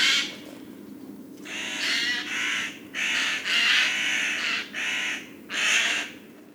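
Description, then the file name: Eurasian jay repeating grating, raspy screeches in quick succession, each about half a second long, over low steady background noise. "Garrulus glandarius"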